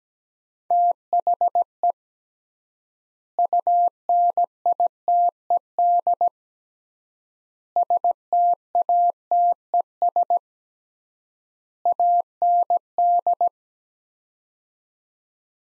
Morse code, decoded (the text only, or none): THE UNITED STATES AND